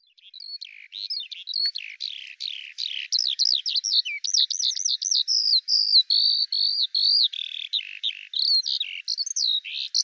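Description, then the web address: Bird calls: dense, varied chattering of sharp high chirps and quick slurred notes, pouring out almost without pause for ten seconds. "Deverinetal 2025 File cleaned normalized Bird Al Ar"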